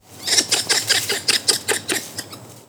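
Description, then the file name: Ring-tailed lemur cackling: a quick series of many harsh, clipped, chattering notes, fading at the end. "Lemur catta--cackle"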